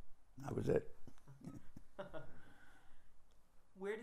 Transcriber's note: chuckles